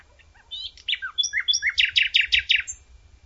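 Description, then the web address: Common nightingale song: a few varied whistles and chirps building into a quick run of five loud, evenly repeated notes. Outdoors. "draussen nachtigall"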